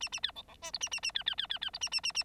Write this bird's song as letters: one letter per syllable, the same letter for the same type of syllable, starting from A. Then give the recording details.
A A B C C D E A A A B B B B B E A A A A. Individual Bird9